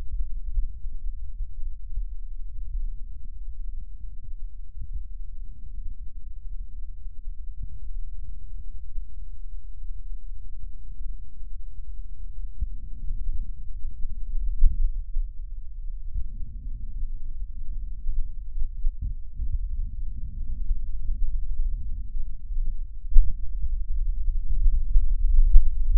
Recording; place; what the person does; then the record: lung sounds by stethoscope; left posterior apical chest; quiet breathing, then deep breathing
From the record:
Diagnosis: COPD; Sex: female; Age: 68 years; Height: 150 cm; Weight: 70 kg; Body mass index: 31.1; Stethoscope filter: bell mode